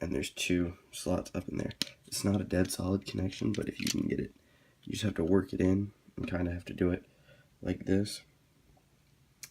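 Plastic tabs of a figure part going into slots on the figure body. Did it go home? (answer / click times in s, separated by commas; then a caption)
yes / 9.4 s. Two plastic tabs on a part of a transforming action figure are worked into two slots on the figure's body while someone talks. Near the end, at 9.4 s, a short sharp click is heard as the part snaps and locks into place, though it is not a dead solid connection.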